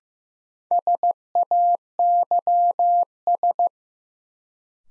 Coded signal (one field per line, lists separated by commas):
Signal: Morse code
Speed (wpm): 15 wpm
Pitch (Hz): 700 Hz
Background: none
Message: SAYS